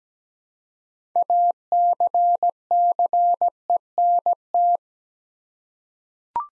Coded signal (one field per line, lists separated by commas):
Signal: Morse code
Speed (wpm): 17 wpm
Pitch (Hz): 700 Hz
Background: none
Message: ACCENT